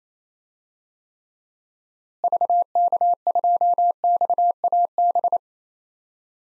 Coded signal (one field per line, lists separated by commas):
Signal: Morse code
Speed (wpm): 28 wpm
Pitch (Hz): 700 Hz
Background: none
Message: VK2XAB